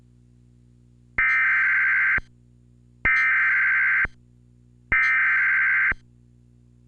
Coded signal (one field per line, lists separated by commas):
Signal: Emergency Alert System (SAME) tones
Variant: header bursts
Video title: TWC Local On The 8s + Severe T'Storm Warning with EAS- Oct. 14, 2016- 11:49AM PDT